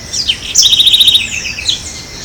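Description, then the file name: Southern house wren song: high scratchy notes leading into a rapid, evenly pulsed trill, then a few closing warbles, all in one brief bright phrase. Ibirapuera Park, São Paulo, Brazil; dated 30-10-12. "Troglodytes-musculus-Ibirapuera Park-SP-Brazil-30-10-12-ASilveira"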